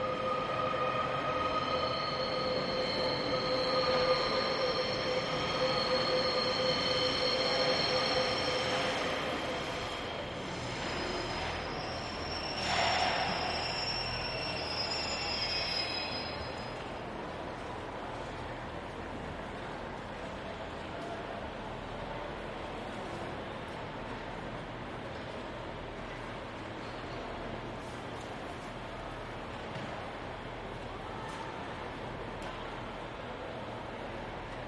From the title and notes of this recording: Just past 14:00. Central Station.